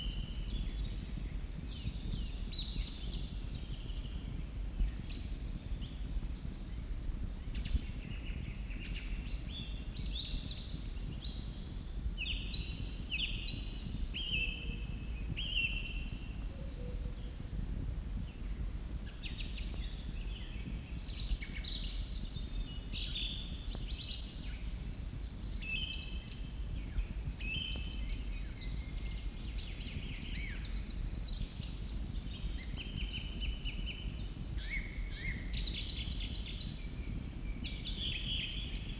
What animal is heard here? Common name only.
Song Thrush